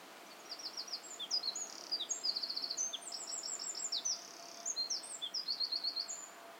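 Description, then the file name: Eurasian wren song, a long energetic outpouring of high trills, chips and rattling runs over a steady faint hiss. "Troglodytes troglodytes"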